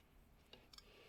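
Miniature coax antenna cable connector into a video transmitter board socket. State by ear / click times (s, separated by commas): seated / 0.5 s, 0.7 s, 0.8 s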